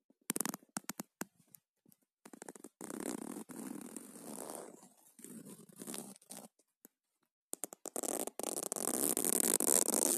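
A zipper is worked in quick bursts, with short rasping pulls and silent gaps in the first few seconds. Longer, steadier runs of coarse, buzzy scraping follow from about three to six seconds and again after seven and a half seconds, turning brighter toward the end.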